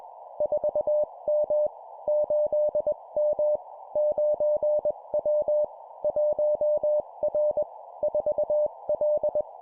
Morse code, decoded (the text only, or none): 4M 8M 9W 1R 4L